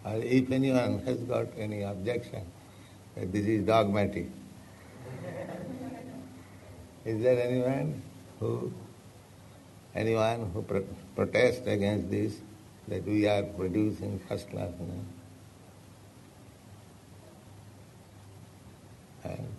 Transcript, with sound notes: Or if anyone has got any objection, that this is dogmatic? [laughter] Is there anyone who…, anyone who protests against this, that we are producing first-class men?